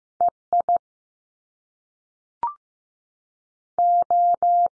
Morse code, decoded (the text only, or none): E I O